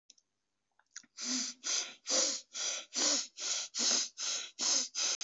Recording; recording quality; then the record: deep breathing; excellent, no background noise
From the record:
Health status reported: COVID-19 positive, no symptoms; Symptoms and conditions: none ticked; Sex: male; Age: 24 years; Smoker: not ticked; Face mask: not worn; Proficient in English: no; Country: India